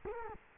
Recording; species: mosquito wingbeat signal from an infrared sensor; Culex quinquefasciatus